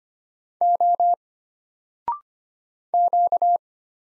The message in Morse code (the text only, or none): O Q